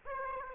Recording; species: mosquito wingbeat signal from an infrared sensor; Aedes aegypti